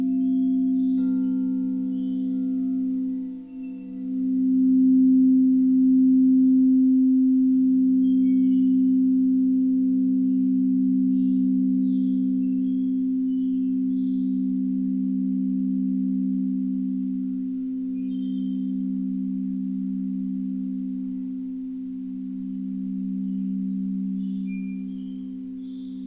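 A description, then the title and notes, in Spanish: Singing bowls hum in a low, steady drone that swells early, then pulses slowly and evenly, with faint higher ringing tones above. Sesion de cuencos.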